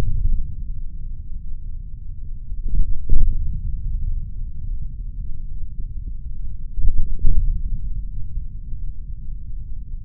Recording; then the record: forearm muscle sounds (acoustic myography)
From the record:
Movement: hand opening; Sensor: system 3, bracelet of six PUI Audio POM-2738L microphones around the upper forearm, with dedicated amplification and filtering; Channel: 2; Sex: male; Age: 26 years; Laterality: right